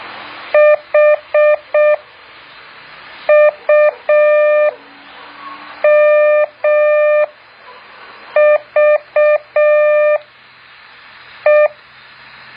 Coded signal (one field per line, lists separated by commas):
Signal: Morse code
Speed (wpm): 6 wpm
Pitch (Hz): 600 Hz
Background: none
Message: HUMVE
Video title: แบบฝึกหัด Morse code 2.2